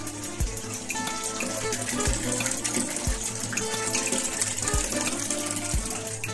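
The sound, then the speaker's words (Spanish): Water runs in a steady, hissing rush, with a soft low thump recurring roughly once a second and a faint hum underneath; no one speaks. “Este es mi agua.”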